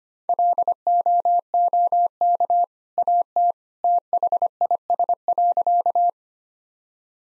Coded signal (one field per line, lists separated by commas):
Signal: Morse code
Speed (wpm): 25 wpm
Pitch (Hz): 700 Hz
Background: none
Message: LOOK AT THIS.